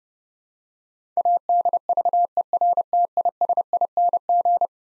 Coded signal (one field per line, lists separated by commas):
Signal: Morse code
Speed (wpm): 30 wpm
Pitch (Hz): 700 Hz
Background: none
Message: ADVERTISING